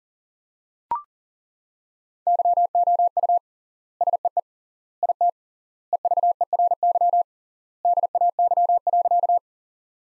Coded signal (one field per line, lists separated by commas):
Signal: Morse code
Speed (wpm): 37 wpm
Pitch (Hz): 700 Hz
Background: none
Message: YOU SEE IT EVERY DAY.